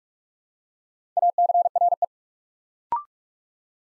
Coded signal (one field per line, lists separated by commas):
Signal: Morse code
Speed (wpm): 44 wpm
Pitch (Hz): 700 Hz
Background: none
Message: ACRE